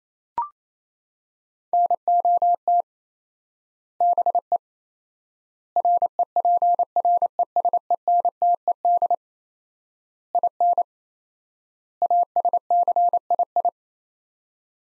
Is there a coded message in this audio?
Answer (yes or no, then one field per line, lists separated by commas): yes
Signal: Morse code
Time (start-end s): 1.7-13.7 s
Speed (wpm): 28 wpm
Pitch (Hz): 700 Hz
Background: none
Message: NOT BE REPRESENTED IN ASCII